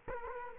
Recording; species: mosquito wingbeat signal from an infrared sensor; Culex quinquefasciatus